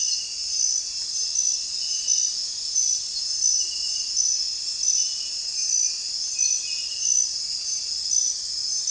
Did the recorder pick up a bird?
no